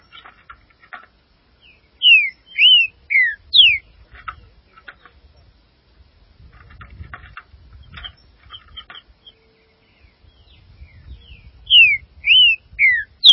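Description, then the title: Green-winged saltator song: a short phrase of loud slurred whistles, quiet chatter, then the phrase again. "Trinca Ferro"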